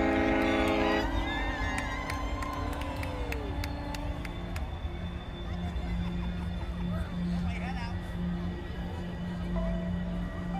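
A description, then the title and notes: Sydney Harbour fireworks on the Bennelong lawn: a loud, steady low rumble runs throughout, with a held horn-like tone in the first second. Sharp cracks and pops cluster between one and five seconds, then thin out, while crowd voices murmur underneath. Sydney Harbour Fireworks New Years Evening. It's recorded using two microphones placed as if they were human ears. We start this new season appropriately with the world famous Sydney Harbour fireworks, recorded live on the Benellong lawn of the Royal Botanical Gardens, overlooking the Sydney Opera House and Harbour bridge.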